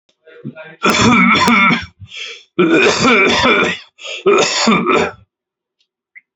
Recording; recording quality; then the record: heavy voluntary cough; excellent, no background noise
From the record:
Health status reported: COVID-19 positive, mild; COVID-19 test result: positive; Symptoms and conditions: cough, breathing difficulty, sore throat, fever, loss of smell and taste, pneumonia, diabetes, ischaemic heart disease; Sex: male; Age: 62 years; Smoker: not ticked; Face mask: not worn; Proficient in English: yes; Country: India